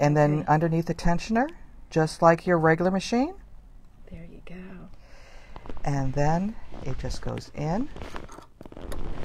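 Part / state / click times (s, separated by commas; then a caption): bobbin case into sewing machine bobbin housing / not seated / none. Someone talks while handling a threaded bobbin in its case at the bobbin area of a BERNINA Q Series sit-down longarm quilting machine, with a few faint, short handling ticks between the speech. The clip ends before the case goes home, so nothing has seated or clicked yet.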